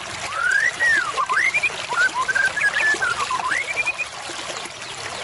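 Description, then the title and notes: White-rumped shama song: flowing rich whistled phrase with looping rises and falls lasting about four seconds, over a soft steady hiss. Used as a lure call (pikat) for murai batu. "MB Pikat. murai batu"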